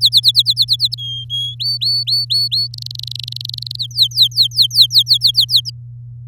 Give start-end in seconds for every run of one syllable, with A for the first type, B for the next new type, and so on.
0.00-0.95 A, 0.98-1.55 B, 1.59-2.67 C, 2.74-3.76 D, 3.79-5.70 E